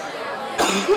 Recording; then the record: coughing mixed with background sound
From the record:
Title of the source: 64 coughing, allergies, singing lungs